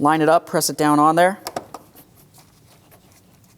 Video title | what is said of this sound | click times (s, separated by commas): How to Replace Radiator 2003-2007 Cadillac CTS 3.6L V6 | Audible click and it's secured. | 1.8 s